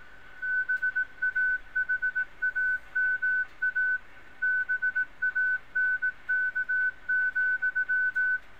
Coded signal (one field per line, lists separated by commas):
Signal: Morse code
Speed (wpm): 17 wpm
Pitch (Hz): 1500 Hz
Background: none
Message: BAHAMA BANK,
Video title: CW on HamScope Redux